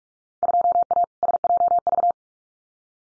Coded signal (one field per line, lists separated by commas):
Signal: Morse code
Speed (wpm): 46 wpm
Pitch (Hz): 700 Hz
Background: none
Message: 2A SJV